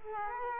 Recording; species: mosquito wingbeat signal from an infrared sensor; Culex quinquefasciatus